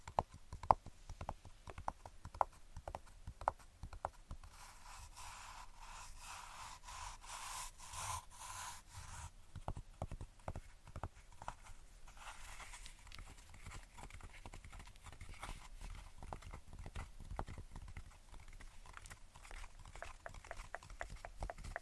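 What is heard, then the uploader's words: Dense, irregular tapping and clicking runs throughout, with a brighter scratching stretch from about five to nine seconds and another near twelve. ASMR Tapping & Scratching.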